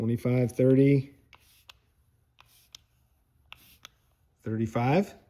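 Someone talks while dialing in the setting on a click-type torque wrench to 35 foot-pounds, then locks the handle on its adjustment mechanism. Between the talking, a series of faint, sharp ticks is heard from about 1.3 to 3.9 seconds. The lock is being handled, and nothing has seated or clicked yet.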